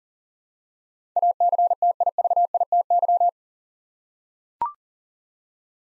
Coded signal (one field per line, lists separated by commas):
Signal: Morse code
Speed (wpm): 40 wpm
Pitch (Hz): 700 Hz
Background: none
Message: ACTIVITY